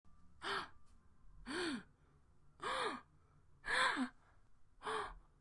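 An adult gasping, with five sharp, voiced inhalations in quick succession, each rising and falling in pitch.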